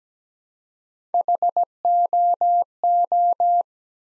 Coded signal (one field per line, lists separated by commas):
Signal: Morse code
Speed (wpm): 17 wpm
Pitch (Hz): 700 Hz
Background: none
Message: HOO